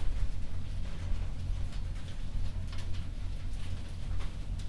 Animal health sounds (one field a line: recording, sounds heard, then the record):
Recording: poultry house recording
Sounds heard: no chicken sound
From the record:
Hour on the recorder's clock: 0